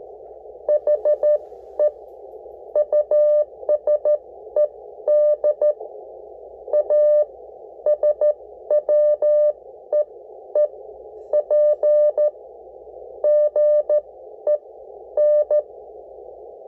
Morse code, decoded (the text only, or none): HE USED A SWEEP GEN